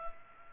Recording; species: mosquito wingbeat signal from an infrared sensor; Culex pipiens